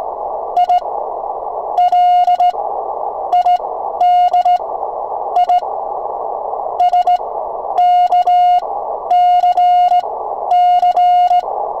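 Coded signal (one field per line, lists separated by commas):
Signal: Morse code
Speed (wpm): 16 wpm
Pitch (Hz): 720 Hz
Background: none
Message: IL ID I SKCC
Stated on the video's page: SKCC CW contact keyed with a sideswiper, toward the Triple Key Award.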